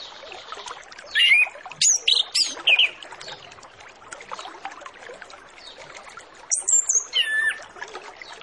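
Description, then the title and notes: Orange-headed Thrush song: bright, varied whistled phrases in two bursts, near the start and again toward the end, over a steady hiss of background noise. Lure song of full 'isian' filler notes, to prompt orange-headed thrushes to sing quickly and fully. "Masteran Anis Kembang Full Isian Untuk Suara Pancingan Anis Kembang Agar Cepat Ngeplong. Suara Burung Anis Kembang"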